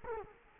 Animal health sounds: mosquito wingbeat signal from an infrared sensor; Culex quinquefasciatus

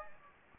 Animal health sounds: mosquito wingbeat signal from an infrared sensor; Anopheles gambiae

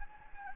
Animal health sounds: mosquito wingbeat signal from an infrared sensor; Anopheles gambiae

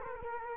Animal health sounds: mosquito wingbeat signal from an infrared sensor; Culex quinquefasciatus

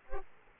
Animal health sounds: mosquito wingbeat signal from an infrared sensor; Culex pipiens

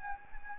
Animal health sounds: mosquito wingbeat signal from an infrared sensor; Anopheles gambiae

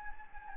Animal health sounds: mosquito wingbeat signal from an infrared sensor; Anopheles gambiae

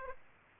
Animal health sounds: mosquito wingbeat signal from an infrared sensor; Aedes aegypti

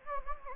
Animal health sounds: mosquito wingbeat signal from an infrared sensor; Anopheles gambiae

